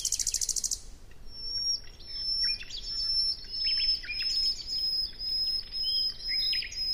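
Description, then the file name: Common nightingale singing: a rapid, dry high trill opens, then varied chirps and slurred phrases, with a thin, steady high whistle running behind most of the recording. "Luscinia megarhynchos"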